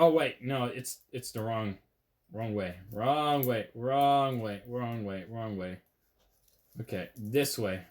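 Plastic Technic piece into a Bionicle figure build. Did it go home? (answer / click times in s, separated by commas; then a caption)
no / none. Someone talks while handling a plastic Lego Technic piece for a Bionicle figure build: after first trying it the wrong way round, the piece is flipped and positioned. The clip ends just before the part goes home, so nothing has seated or clicked yet.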